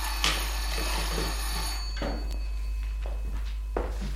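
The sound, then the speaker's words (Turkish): Someone rings a doorbell with a steady, shrill metallic tone for about two seconds, then it fades as a few dull knocks and clatters follow. No one speaks. “Biri kapının zilini çalıyor.”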